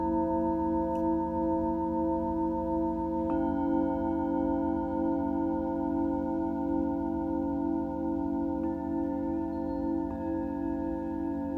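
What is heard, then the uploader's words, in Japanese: Singing bowls ring in a steady, overlapping drone for sound healing, with a low hum beneath sustained bright tones. New strikes enter around three and a half seconds, near nine, and again near ten, each adding a fresh ringing tone that lingers without fading. メキシコから シンギングボウルのサウンドヒーリング ライブ。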